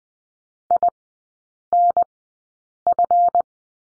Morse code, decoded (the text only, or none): INF